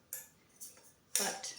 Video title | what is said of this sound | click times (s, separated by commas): Backcountry cooking and eating/drinking supplies | it's very s satisfying click it in here but | 0.1 s